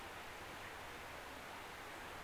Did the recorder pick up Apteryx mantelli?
no